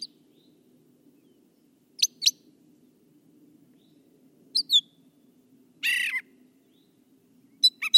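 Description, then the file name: Brown thrasher song: scattered brief doubled notes and a single longer burst spread over several seconds, with long quiet gaps and a faint low hum. "suara kicauan brown thrasher. omkicau"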